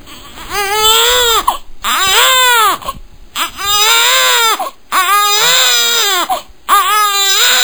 Daily life baby crying out sound effect.